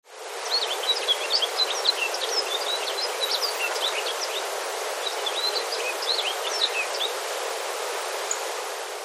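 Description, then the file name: Rustic bunting: quick clusters of high sharp notes over steady broad background noise. "kasira"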